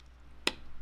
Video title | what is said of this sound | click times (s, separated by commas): SABRENT M.2 SSD HD ENCLOSURE & hard drive | And just push it in there till you hear a click. | 0.5 s